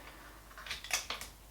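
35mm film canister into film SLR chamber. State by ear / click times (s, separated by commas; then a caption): not seated / none. A 35mm film canister is handled into the film chamber of a Nikon F65/F55 (N65) film SLR camera, producing a soft rustle near 0.6 s and a series of light, sharp taps and knocks at about 0.7, 0.8, 0.9, 1.1 and 1.2 s. Nothing has clicked or seated yet.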